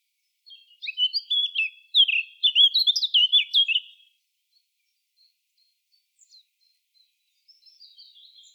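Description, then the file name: Eurasian blackcap singing one clear warbled phrase of fluty, varied notes for around three and a half seconds, then near silence with faint high chirps. "Sylvia atricapilla"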